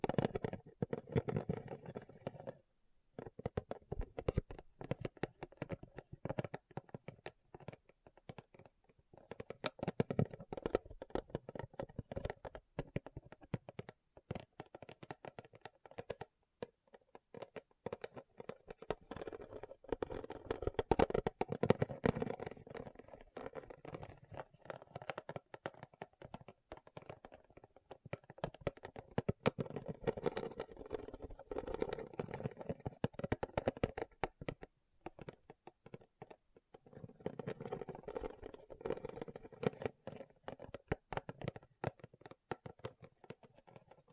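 Rhinestones are tapped and scratched in dense, rapid bursts of crisp clicks and rustling scrapes that run almost continuously. Short pauses break the activity near 3, 9, 16 and 36 seconds, and the texture stays bright and papery, like shuffling cards.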